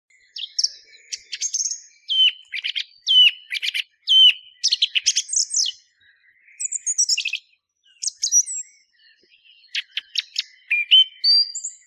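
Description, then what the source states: Song thrush singing a varied, high song of sharp whistled and chattering phrases separated by short pauses; no other sounds. Recorded in 2017.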